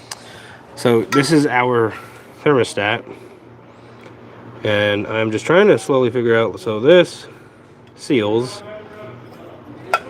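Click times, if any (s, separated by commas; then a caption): none. Someone talks while slowly working a thermostat and its seal into a badly rusted thermostat housing on a Mazda B2300 pickup engine, with brief sharp taps at about 0.1 s and 9.9 s. The thermostat does not snap into place; nothing has seated or clicked yet, a failure blamed on the rust.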